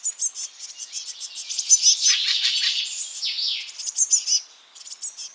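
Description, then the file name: Eurasian blue tit calls: dense, rapid run of high chirps and scratchy buzzy notes, building to a busier churring stretch midway, then thinning to scattered tweets. "Cyanistes caeruleus"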